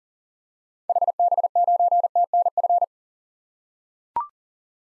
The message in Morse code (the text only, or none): HB9TNF